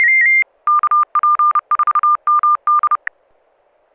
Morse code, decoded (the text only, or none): KP4MD